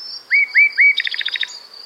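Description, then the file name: Common Nightingale song: three rising whistled notes, then a quick stuttering series of clipped notes. A pulsing insect drone is heard behind. "Luscinia megarhynchos"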